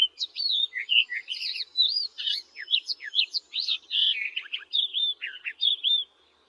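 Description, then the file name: Barred warbler song: a steady stream of short, scratchy and twanging notes with occasional clear whistled slurs, trailing off at the end. "barredw nisoria"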